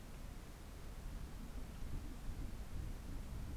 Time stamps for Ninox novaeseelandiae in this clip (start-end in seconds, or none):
none